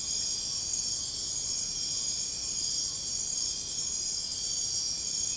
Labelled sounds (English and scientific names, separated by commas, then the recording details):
none
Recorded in pastures near Puerto Asís, Putumayo, Colombia, on 13 March 2025 at 02:00
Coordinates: 0.502, -76.324
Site GP07